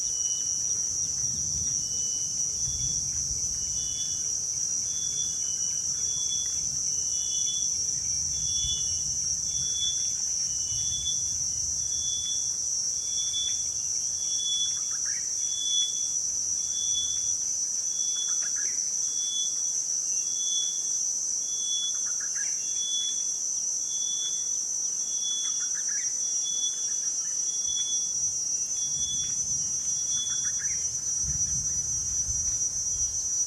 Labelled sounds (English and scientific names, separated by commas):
Black-faced Rufous-warbler (Bathmocercus rufus)